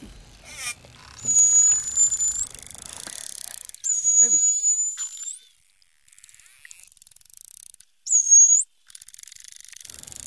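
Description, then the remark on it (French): Three high, thin dolphin whistles, each holding a steady tone before sweeping upward at the end, separated by short gaps filled with faint rapid echolocation clicking. “Des sifflements.”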